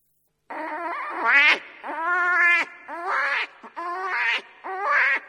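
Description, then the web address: Hare distress cries: several squealing, bending wails in quick succession with short gaps. Wounded hare; recording used as a hunting lure for fox or wolf. "zvuki zaytsa zvuk dlya ohoty ranenyy zayats manok na lisu ili na volka"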